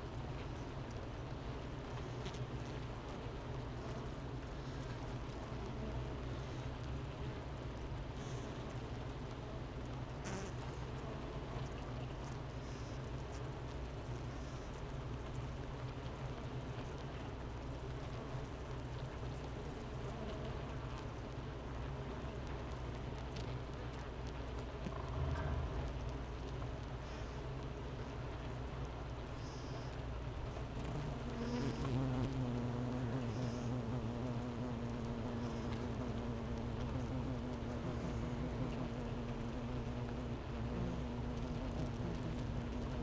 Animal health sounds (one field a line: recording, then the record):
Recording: honeybee colony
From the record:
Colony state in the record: missing queen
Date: 31 May 2018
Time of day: 10:20